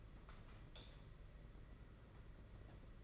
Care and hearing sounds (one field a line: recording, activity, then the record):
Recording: daily activity, microphone in the room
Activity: light on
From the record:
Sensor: 4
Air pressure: 992.7 hPa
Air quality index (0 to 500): 168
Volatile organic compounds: 244 ppm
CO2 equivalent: 4344 ppm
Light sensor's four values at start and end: 4/8/3/3 and 6/16/6/7